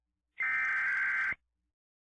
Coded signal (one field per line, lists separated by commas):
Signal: Emergency Alert System (SAME) tones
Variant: header bursts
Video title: Emergency Alert System - Human Minority (S1EP3)